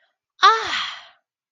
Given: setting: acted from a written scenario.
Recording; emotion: vocal sound without words; realization